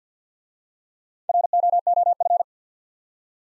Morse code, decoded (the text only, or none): ROOF